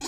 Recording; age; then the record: pig call; weaner (32 to 43 days)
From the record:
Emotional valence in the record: negative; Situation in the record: novel object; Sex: female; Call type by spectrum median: high-frequency call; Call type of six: high-frequency stable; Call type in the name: high-frequency stable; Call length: 0.08 s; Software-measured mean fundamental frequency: 371 Hz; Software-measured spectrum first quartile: 586 Hz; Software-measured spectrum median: 2956 Hz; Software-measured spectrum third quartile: 5894 Hz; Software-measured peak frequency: 326 Hz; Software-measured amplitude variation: 93 dB a second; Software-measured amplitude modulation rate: 6.0 a second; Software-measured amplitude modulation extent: 15.4 dB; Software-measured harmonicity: 1.0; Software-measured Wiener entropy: -1.75